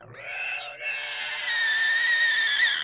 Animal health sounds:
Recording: pig call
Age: weaner (32 to 43 days)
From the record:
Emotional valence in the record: negative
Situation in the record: restrain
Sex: male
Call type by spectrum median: high-frequency call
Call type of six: mixed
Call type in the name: high-frequency stable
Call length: 2.9 s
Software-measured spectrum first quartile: 2460 Hz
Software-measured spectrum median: 4825 Hz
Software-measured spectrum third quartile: 6862 Hz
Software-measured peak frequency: 1828 Hz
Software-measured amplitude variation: 75 dB a second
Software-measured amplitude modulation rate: 26.3 a second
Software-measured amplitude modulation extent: 2.9 dB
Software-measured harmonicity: 3.2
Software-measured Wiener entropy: -2.17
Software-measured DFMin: 777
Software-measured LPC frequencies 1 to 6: 1099, 1824, 2729, 3559, 4498, 4952 Hz

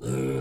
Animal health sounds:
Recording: pig call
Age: weaner (32 to 43 days)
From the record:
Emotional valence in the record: negative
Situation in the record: novel object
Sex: female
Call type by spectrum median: low-frequency call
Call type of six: low-frequency stable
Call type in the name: low-frequency stable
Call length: 0.42 s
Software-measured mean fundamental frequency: 65 Hz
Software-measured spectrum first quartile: 181 Hz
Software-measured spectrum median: 358 Hz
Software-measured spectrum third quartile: 704 Hz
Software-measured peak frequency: 405 Hz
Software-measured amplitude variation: 78 dB a second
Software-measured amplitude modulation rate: 22.8 a second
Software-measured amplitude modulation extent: 3.4 dB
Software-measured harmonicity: 0.8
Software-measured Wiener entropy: -0.68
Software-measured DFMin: 864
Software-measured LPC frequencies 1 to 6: 404, 1367, 2350, 3620, 4375, 4967 Hz

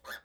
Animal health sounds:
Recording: pig call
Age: piglet (1 to 25 days)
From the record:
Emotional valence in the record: negative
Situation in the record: restrain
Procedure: back test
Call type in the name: high-frequency call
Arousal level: medium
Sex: male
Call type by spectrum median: low-frequency call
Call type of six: high-frequency stable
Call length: 0.24 s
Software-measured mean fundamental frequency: 205 Hz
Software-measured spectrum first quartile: 1418 Hz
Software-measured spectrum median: 2058 Hz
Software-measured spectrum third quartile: 5780 Hz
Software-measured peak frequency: 1747 Hz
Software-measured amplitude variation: 223 dB a second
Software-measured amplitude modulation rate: 6.3 a second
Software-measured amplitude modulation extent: 35.7 dB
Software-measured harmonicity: 4.5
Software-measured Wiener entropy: -2.22

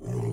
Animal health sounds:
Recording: pig call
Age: weaner (32 to 43 days)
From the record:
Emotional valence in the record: negative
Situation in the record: short isolation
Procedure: open field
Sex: female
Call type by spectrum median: low-frequency call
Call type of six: low-frequency stable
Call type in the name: low-frequency stable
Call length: 0.33 s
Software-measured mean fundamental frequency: 58 Hz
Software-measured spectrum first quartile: 120 Hz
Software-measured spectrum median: 201 Hz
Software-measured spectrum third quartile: 475 Hz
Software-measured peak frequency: 120 Hz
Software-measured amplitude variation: 88 dB a second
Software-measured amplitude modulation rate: 31.6 a second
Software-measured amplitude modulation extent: 2.8 dB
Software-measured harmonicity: -3.0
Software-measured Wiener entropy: -0.53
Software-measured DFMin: 1292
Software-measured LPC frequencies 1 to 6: 309, 2040, 2880, 4271, 5160, 6022 Hz

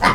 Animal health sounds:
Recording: pig call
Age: piglet (1 to 25 days)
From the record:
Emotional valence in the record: positive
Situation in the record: reunion after long isolation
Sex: male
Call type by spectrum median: low-frequency call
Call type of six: low-frequency tonal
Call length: 0.16 s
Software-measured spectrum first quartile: 729 Hz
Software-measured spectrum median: 1193 Hz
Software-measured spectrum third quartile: 1907 Hz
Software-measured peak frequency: 1217 Hz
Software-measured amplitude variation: 124 dB a second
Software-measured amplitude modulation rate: 9.5 a second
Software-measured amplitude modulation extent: 13.0 dB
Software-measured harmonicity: 0.5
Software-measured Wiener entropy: -1.02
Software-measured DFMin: 964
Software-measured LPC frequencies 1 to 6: 1060, 2021, 3171, 4276, 4992, 6050 Hz

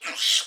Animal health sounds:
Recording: pig call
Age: piglet (1 to 25 days)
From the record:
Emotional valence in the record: negative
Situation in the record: restrain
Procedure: in the arms of a person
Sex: male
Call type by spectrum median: high-frequency call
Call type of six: mixed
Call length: 0.46 s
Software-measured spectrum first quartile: 3176 Hz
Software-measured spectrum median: 3927 Hz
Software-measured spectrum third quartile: 5709 Hz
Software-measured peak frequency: 3122 Hz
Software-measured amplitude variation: 130 dB a second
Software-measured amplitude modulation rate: 14.1 a second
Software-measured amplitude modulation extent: 9.2 dB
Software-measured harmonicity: 1.1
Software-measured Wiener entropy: -1.88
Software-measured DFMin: 848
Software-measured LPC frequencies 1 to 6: 2202, 3191, 3851, 4664, 5448, 7009 Hz

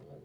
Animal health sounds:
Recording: pig call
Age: piglet (1 to 25 days)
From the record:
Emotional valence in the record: negative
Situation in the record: long isolation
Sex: female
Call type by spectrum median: low-frequency call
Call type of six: low-frequency stable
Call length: 0.24 s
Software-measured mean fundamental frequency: 50 Hz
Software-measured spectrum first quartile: 156 Hz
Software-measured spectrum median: 335 Hz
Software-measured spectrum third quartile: 514 Hz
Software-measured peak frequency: 138 Hz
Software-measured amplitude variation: 86 dB a second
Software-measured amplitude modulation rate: 18.8 a second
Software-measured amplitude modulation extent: 4.6 dB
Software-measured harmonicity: -2.4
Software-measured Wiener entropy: 0.50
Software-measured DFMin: 922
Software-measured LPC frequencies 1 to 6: 486, 1781, 3056, 3454, 4502, 6488 Hz

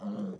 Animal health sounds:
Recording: pig call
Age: piglet (1 to 25 days)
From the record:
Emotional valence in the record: negative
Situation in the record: short isolation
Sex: male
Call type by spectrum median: low-frequency call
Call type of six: low-frequency modulated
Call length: 0.40 s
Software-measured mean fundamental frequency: 68 Hz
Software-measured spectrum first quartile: 201 Hz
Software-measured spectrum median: 249 Hz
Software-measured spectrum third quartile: 498 Hz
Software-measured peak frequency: 203 Hz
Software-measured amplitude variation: 124 dB a second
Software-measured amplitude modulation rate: 19.0 a second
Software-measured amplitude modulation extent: 6.6 dB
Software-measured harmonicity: 6.8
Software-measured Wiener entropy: -0.33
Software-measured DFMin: 1288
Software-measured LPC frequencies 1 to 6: 3185, 4293, 5992, 7046, 8368, 11093 Hz

